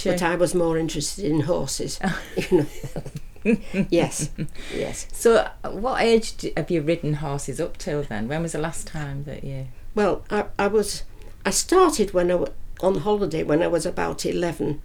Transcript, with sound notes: But I was more interested in horses, you know. Yes. Yes.
[laughs] So at what age have you ridden horses up till then? When was the last time that you…
Well I was…I started when I was on holiday when I was about 11.